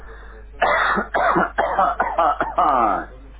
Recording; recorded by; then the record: voluntary cough; telephone call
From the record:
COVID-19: positive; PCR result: checked with the laboratory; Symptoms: no